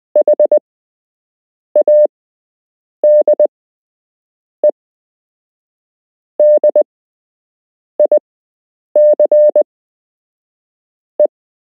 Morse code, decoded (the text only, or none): HAD ED ICE